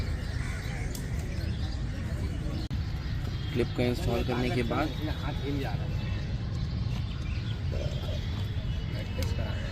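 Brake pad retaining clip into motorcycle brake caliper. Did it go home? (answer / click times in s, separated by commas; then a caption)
yes / 9.2 s. A metal retaining clip is refitted, arrow pointing the right way, and pressed into a motorcycle brake caliper fitted with new Vesrah ceramic brake pads on an Apache RR 310 / BMW G310 RR. Someone talks over a steady background hum, with a brief sharp sound at 1.0 s and a short click at 9.2 s. The clip seats properly, just as it sat before removal.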